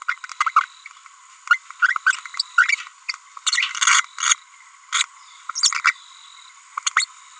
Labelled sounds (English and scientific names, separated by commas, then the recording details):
Green-rumped Parrotlet (Forpus passerinus) babbling
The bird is a female
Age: 30 days
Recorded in a nest box in Venezuela
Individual 17B42B3